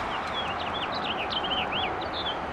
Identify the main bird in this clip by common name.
House Finch